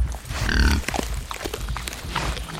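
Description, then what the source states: Wild boar grunting and breathing, with crackling of branches and scratching of earth. Wild boars in the forest, breathing and grunting, with branches crushed and earth scratched and dug.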